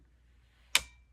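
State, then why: Seated. A border paper punch is slid along its alignment guide rail until a peg drops into the next hole of the guide. After a quiet stretch, a single sharp, bright click sounds at 0.75 s and trails off briefly. The punch is seated in the hole and holds still.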